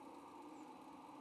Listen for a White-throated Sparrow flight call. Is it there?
no